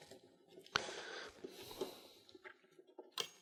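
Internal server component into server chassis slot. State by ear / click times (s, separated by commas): not seated / none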